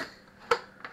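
The plastic plug on a new telephone line cord is pushed into a telephone wall socket and latches with a sharp click at 0.5 s. Two fainter ticks follow near 0.9 s. The plug is seated.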